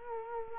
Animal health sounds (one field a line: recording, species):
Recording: mosquito wingbeat signal from an infrared sensor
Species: Culex quinquefasciatus